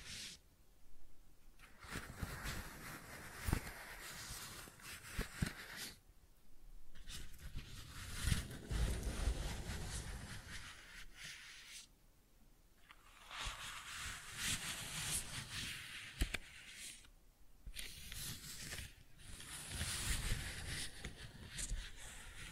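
Flowers are rustled and rubbed in crackly bursts of crisp, bright texture, broken by brief quiet gaps and occasional sharp snaps.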